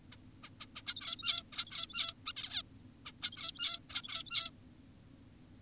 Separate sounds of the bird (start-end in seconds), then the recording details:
0.12-0.16, 0.44-0.50, 0.60-0.66, 0.76-0.82, 0.87-1.43, 1.53-2.14, 2.26-2.33, 2.36-2.62, 3.06-3.12, 3.23-3.79, 3.90-4.50. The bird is an adult. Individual g17y2U